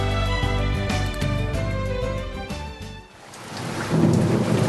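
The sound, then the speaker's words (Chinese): A short burst of music gives way to steady, hissing rainfall, with someone collecting rainwater, and a deep rumble of thunder rolling in beneath the downpour near the end. No one speaks. “趁落雨装翻啲水咯。”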